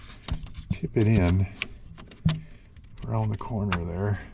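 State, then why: Not seated. A new ignition switch for a 2009 Ford Focus with a no-start is handled and worked around the corner into the steering column lock cylinder housing. Someone talks while short clicks and scrapes of handling are heard, and nothing has seated or clicked into place yet.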